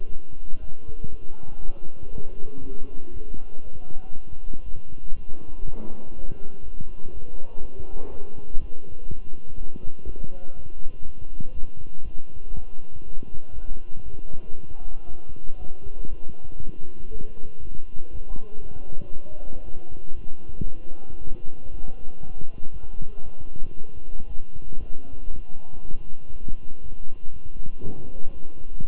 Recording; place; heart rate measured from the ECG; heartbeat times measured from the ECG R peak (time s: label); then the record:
heart sounds by stethoscope; between the tricuspid and mitral areas; 119 bpm
0.07 s: heartbeat
0.59 s: heartbeat
1.10 s: heartbeat
1.60 s: heartbeat
2.11 s: heartbeat
2.62 s: heartbeat
3.12 s: heartbeat
3.63 s: heartbeat
4.14 s: heartbeat
4.64 s: heartbeat
5.14 s: heartbeat
5.65 s: heartbeat
6.15 s: heartbeat
6.64 s: heartbeat
7.13 s: heartbeat
7.61 s: heartbeat
8.10 s: heartbeat
8.60 s: heartbeat
9.08 s: heartbeat
9.57 s: heartbeat
10.05 s: heartbeat
10.55 s: heartbeat
11.05 s: heartbeat
11.54 s: heartbeat
12.03 s: heartbeat
12.54 s: heartbeat
13.04 s: heartbeat
13.54 s: heartbeat
14.04 s: heartbeat
14.55 s: heartbeat
15.07 s: heartbeat
15.58 s: heartbeat
16.08 s: heartbeat
16.59 s: heartbeat
17.10 s: heartbeat
17.61 s: heartbeat
18.11 s: heartbeat
18.61 s: heartbeat
19.12 s: heartbeat
19.64 s: heartbeat
20.15 s: heartbeat
20.66 s: heartbeat
21.18 s: heartbeat
21.70 s: heartbeat
22.21 s: heartbeat
22.72 s: heartbeat
23.24 s: heartbeat
23.76 s: heartbeat
24.28 s: heartbeat
24.79 s: heartbeat
25.30 s: heartbeat
25.81 s: heartbeat
26.32 s: heartbeat
26.82 s: heartbeat
27.32 s: heartbeat
27.82 s: heartbeat
28.32 s: heartbeat
28.81 s: heartbeat
From the record:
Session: walking at 3.7 km/h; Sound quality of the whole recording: good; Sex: male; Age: 23 years